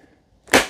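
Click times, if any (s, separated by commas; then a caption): 0.5 s. A plastic mop-pad bracket is pressed onto its pin and gear on the underside of a robot vacuum-mop until it snaps into place. After near silence, a single sharp click sounds at 0.5 s and fades quickly. The bracket is seated and installed.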